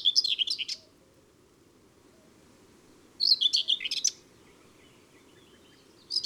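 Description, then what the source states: Common whitethroat song: short, scratchy, chattering phrases under a second long, high-pitched, heard twice with a pause of about two and a half seconds, a third starting at the end. Recorded in June.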